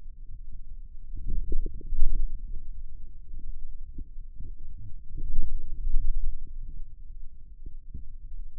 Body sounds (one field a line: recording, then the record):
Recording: forearm muscle sounds (acoustic myography)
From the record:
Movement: wrist extension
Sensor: system 2, bracelet of six BSWA MPA416 microphones around the upper forearm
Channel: 4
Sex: male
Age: 22 years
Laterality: right